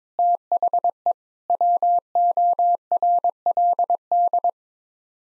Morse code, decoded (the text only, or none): THE WORLD